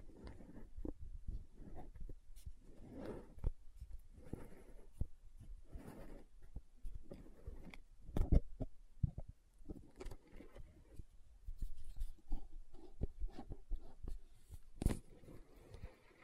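Lid sounds and bottle tapping: a busy run of small knocks, taps and scraping scratches that continues for the whole stretch, irregular and fairly dense. Most hits are dull and low, with a few sharp, bright clacks standing out near eight and fifteen seconds.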